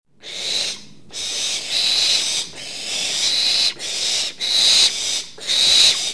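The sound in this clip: Owl giving several harsh, hissing screeches of varying length, separated by short gaps.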